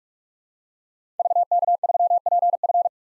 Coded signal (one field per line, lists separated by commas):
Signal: Morse code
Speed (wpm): 46 wpm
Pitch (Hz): 700 Hz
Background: none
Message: VK3PF